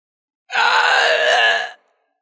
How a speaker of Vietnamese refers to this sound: Trong lôi trì, khuôn mặt của Nhiệt Hỏa Tiên Tôn trở nên dữ tợn, trong miệng phát ra một tiếng gào tê tâm liệt phế.